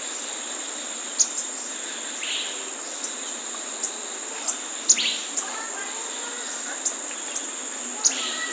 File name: suara burung cabai tunggir coklat